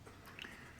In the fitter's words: Now, this should just lock into place right there. Just like that.